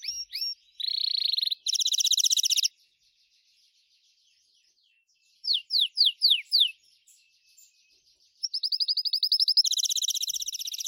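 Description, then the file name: Gloster canary song in bursts: buzzy rolling trills, a silent gap, a quick series of sliding whistled notes, then a long rapid rattle leading into a high ringing trill. "canto do canario gloster"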